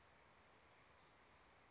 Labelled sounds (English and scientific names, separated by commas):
Chestnut-backed Chickadee (Poecile rufescens)